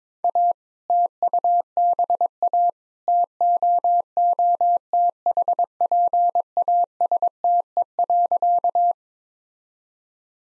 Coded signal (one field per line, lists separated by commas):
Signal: Morse code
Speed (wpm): 22 wpm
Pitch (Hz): 700 Hz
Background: none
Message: A TUBA TOOTHPASTE.